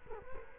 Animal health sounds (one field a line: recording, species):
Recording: mosquito wingbeat signal from an infrared sensor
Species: Culex quinquefasciatus